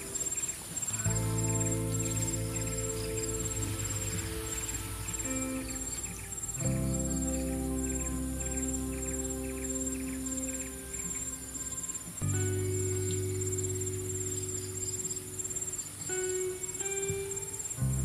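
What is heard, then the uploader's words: Calm lofi music of sustained warm chords shifting every five or six seconds, with a thin, steady high cricket chirr running throughout. Sound of Calm Wave, Cricket sound and Summer Ambience with calming lofi music.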